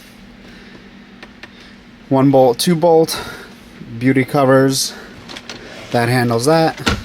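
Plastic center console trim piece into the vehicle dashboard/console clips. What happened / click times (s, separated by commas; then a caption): The trim piece is handled but has not seated yet / none. While reassembling the interior of an LR3, a plastic center console trim piece is handled near the dashboard and console clips it presses into. Someone talks in short bursts over a low hum, with a few faint, sharp ticks around 1.2, 1.4, 5.4 and 5.5 seconds. The trim piece has not seated or clicked into its clips yet.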